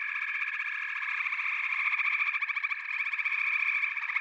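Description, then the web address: Frog chorus with rapid rattling pulses blending into a steady, high buzzing wall of sound, no pauses. A chorus of frogs calling together. "Echoes of Nature - Frog Chorus"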